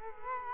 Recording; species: mosquito wingbeat signal from an infrared sensor; Culex quinquefasciatus